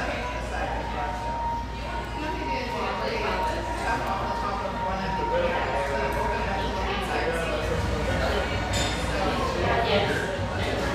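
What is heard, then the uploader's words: Lively chatter fills a spacious tea room, many voices overlapping into a dense, steady murmur. A thin steady tone hums beneath the talk for the first seven seconds. Light clinks and clacks surface now and then, one bright ring near nine seconds. Lively chatter from this spacious, vivacious tea room in the North End of Boise.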